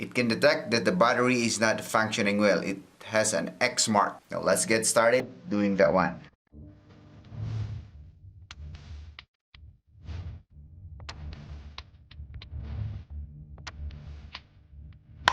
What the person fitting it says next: can hear some snaps like that and then that will do it